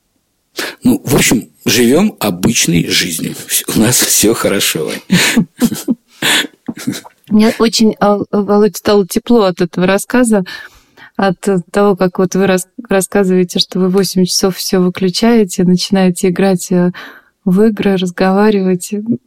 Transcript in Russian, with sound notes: Ну, в общем, живем обычной жизнью. У нас все хорошо. (Смеется.)
— Мне очень, Володь, стало тепло от этого рассказа — от того, как вот Вы рассказываете, что Вы в восемь часов все выключаете, начинаете играть в игры, разговаривать.